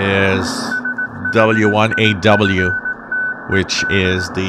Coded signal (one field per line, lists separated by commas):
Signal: Morse code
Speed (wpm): 18 wpm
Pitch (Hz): 1500 Hz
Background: speech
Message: SHIFTED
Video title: Tuning 3000 4000 kHz Range with comments on the signals received Shortwave SDR listening